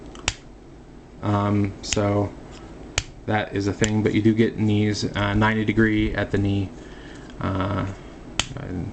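The plastic knee joint in the leg of a Studio Series 86 Constructicon Scavenger transforming robot figure is bent and clicks into its ratchet position with a sharp click at 0.3 s, and another sharp snap is heard at about 3.0 s. Someone talks throughout. The knee is seated in place.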